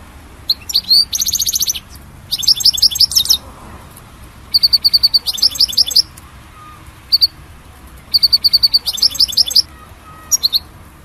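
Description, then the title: European goldfinch song: quick liquid twittering phrases mixed with short buzzy notes, delivered in bursts separated by brief pauses. "Chant Chardonneret"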